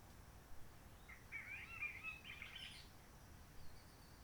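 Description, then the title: Réunion bulbul singing one brief warbling phrase of jumbled whistled notes, faint against quiet low rumble. Excerpt; Roche Merveilleuse forest, Réunion; quiet since 19 March 2020 lockdown, no visitors, microlights or helicopters; sunny, blue sky; birds not very active; sings simpler short phrases, adapted to noise pollution. "Roche Merveilleuse, Réunion - Merle de lîle de la Réunion."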